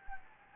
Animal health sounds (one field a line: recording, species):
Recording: mosquito wingbeat signal from an infrared sensor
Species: Anopheles gambiae